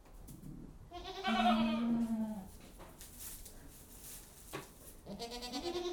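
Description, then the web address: Goat bleating: a long wavering bleat around one to two seconds, then a quieter rising bleat near the end, with faint rustling between. Goats recorded inside a goat house. "The BBC Sound Effects Library (Livestock # 1 ) Goat House"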